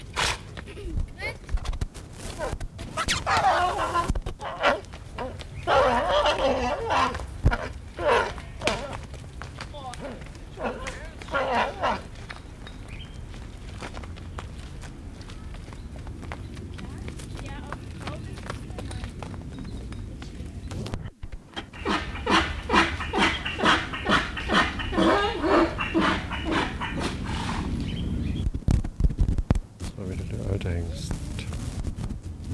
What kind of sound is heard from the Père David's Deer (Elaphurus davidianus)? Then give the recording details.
rut call. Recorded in captivity. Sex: male. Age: adult. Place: Zoo Halle, Sachsen-Anhalt, DE. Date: 1978-07-12 13:03. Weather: sunny, 26°C. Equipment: Uher CR 210, Sennheiser MD 421, Kopie Uher 4200. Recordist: Tembrock, Günter